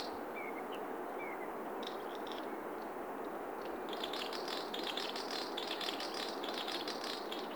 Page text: Patrick Franke - Лесной дупель (Gallinago megala)